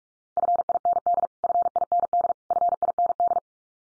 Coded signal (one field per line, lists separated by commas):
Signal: Morse code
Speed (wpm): 44 wpm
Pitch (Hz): 700 Hz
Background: none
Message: FIND FIND FIND